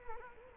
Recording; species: mosquito wingbeat signal from an infrared sensor; Culex quinquefasciatus